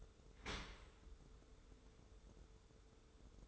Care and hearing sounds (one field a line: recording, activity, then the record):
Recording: daily activity, microphone in the room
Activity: open dishwasher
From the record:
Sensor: 3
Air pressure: 1014.9 hPa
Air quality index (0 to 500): 34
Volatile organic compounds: 1 ppm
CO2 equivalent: 557 ppm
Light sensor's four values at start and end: 11/26/11/11 and 11/26/11/10